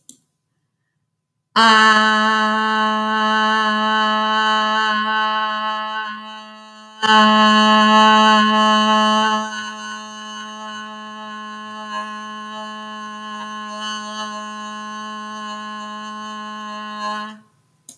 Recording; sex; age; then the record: vowel held as long as possible; female; 30 to 39 years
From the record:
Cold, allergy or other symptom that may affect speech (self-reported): no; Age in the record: 39 years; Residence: Florida, United States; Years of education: 18